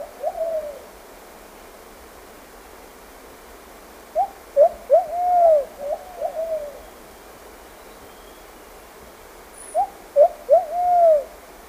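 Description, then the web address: Plumbeous pigeon song, a low hooting phrase of several slurred coos, heard three times with quiet pauses between. Ecuador, South America. "Natures Songs S America Birds of Ecuador Plumbeous Pigeon"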